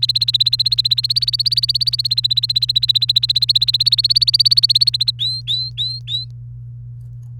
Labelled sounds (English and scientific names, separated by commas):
Domestic Canary (Serinus canaria) song